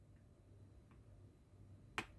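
A metal screw that holds the metal steering wheel of a 1:8 Centauria Ferrari 330P4 model car is turned backwards with a screwdriver in the threaded hole of the steering column, in a thread it has already cut. Over a quiet low hum, a single sharp click at 1.98 s marks the screw dropping into the thread start, confirming it has picked up the existing thread correctly and is seated.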